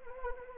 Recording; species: mosquito wingbeat signal from an infrared sensor; Anopheles arabiensis